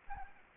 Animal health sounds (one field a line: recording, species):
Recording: mosquito wingbeat signal from an infrared sensor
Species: Anopheles gambiae